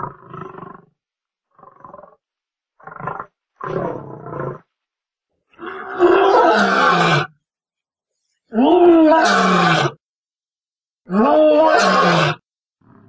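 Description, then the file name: Lion roaring in a building sequence, starting with short grunts and rising to three long, powerful roars repeated roughly every two to three seconds. "Sonido del leon Rugido"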